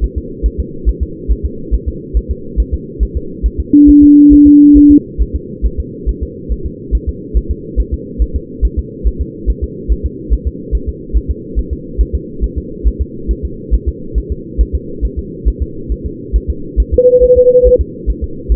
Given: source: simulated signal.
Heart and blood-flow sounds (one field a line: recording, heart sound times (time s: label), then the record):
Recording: fetal heart sounds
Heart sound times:
0.04 s: S1
0.18 s: S2
0.46 s: S1
0.60 s: S2
0.89 s: S1
1.03 s: S2
1.31 s: S1
1.45 s: S2
1.74 s: S1
1.88 s: S2
2.17 s: S1
2.31 s: S2
2.60 s: S1
2.74 s: S2
3.03 s: S1
3.17 s: S2
3.46 s: S1
3.60 s: S2
3.89 s: S1
4.03 s: S2
4.33 s: S1
4.47 s: S2
4.77 s: S1
4.91 s: S2
5.22 s: S1
5.36 s: S2
5.66 s: S1
5.80 s: S2
6.09 s: S1
6.23 s: S2
6.52 s: S1
6.66 s: S2
6.95 s: S1
7.09 s: S2
7.37 s: S1
7.51 s: S2
7.80 s: S1
7.94 s: S2
8.22 s: S1
8.36 s: S2
8.65 s: S1
8.79 s: S2
9.07 s: S1
9.21 s: S2
9.50 s: S1
9.64 s: S2
9.92 s: S1
10.06 s: S2
10.33 s: S1
10.47 s: S2
10.75 s: S1
10.89 s: S2
11.17 s: S1
11.31 s: S2
11.59 s: S1
11.73 s: S2
12.01 s: S1
12.15 s: S2
12.44 s: S1
12.58 s: S2
12.87 s: S1
13.02 s: S2
13.31 s: S1
13.45 s: S2
13.74 s: S1
13.88 s: S2
14.18 s: S1
14.32 s: S2
14.61 s: S1
14.75 s: S2
15.05 s: S1
15.19 s: S2
15.48 s: S1
15.62 s: S2
15.92 s: S1
16.06 s: S2
16.36 s: S1
16.50 s: S2
16.80 s: S1
16.94 s: S2
17.24 s: S1
17.38 s: S2
17.67 s: S1
17.81 s: S2
18.10 s: S1
18.24 s: S2
18.52 s: S1
From the record:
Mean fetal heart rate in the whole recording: 140 bpm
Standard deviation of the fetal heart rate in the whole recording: 2 bpm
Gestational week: 34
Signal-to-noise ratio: -4.3 dB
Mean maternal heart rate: 72 bpm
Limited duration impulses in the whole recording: present